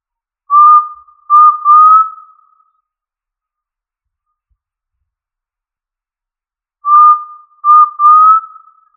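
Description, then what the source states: Quail whistling clear, steady-pitched notes in a three-part phrase ending in a longer rising whistle, repeated once after a pause of roughly four seconds. Listed under the family Tinamidae; local name puyuh.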